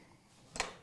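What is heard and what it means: A removable piece of a farrier/blacksmith tool is pushed back into its holder after being pulled out and turned around. A faint low background gives way to a single sharp, broadband click at 0.6 s, followed by a brief decay. The piece clicks and seats in place.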